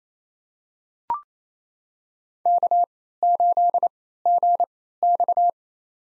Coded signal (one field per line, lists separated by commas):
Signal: Morse code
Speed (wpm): 28 wpm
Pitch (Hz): 700 Hz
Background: none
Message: K8GX